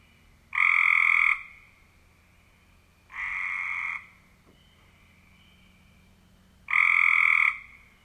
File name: Cope’s Gray Treefrog